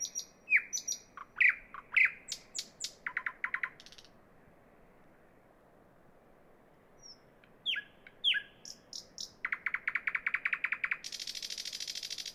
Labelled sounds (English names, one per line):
Thrush Nightingale song